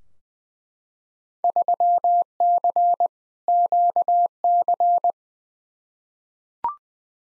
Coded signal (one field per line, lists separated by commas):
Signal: Morse code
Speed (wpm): 20 wpm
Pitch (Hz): 700 Hz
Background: none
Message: 3C QC